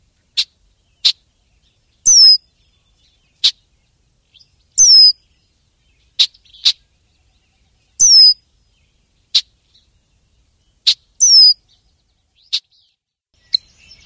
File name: redwing